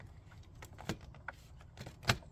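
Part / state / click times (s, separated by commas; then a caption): electrical connector into sensor on engine air intake hose / seated / 2.1 s. An electrical connector is plugged back into the sensor on the engine air intake hose of a 2011–2016 Chevy Cruze 1.4L, with soft plastic rattles and small taps as it is lined up. It clicks in with a sharp, loud snap at 2.1 s and is seated; the locking tab is then pushed forward so the connector doesn't come loose.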